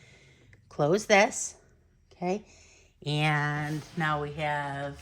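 A Cricut opaque gel pen that has been pushed down until it clicked deeper into the accessory clamp on a cutting machine carriage is closed in as the clamp shuts over it. A short, sharp snap at 0.5 s marks the clamp closing with the pen seated, while someone talks.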